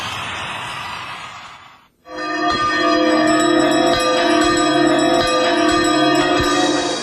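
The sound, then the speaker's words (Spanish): After a burst of broad hissing noise and a brief silence, two bells ring out loudly with repeated strikes and long, layered metallic tones that keep sounding together. “Si escuchás las dos campanas, puedes terminar sin entender nada.”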